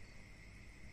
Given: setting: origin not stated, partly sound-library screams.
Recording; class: one-second piece from a danger detection set; normal situation